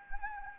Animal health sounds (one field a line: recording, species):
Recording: mosquito wingbeat signal from an infrared sensor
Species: Anopheles arabiensis